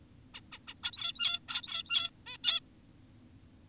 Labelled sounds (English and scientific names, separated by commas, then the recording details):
Zebra Finch (Taeniopygia guttata)
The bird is an adult
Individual g17y2U